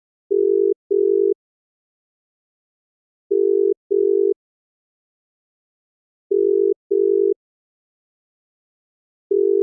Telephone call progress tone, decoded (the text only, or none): ringback tone